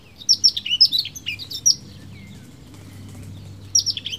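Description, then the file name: Eurasian blackcap with a quick phrase of high, twisting chirped notes, then about two seconds of quiet before a second burst of similar notes. "Sylvia atricapilla"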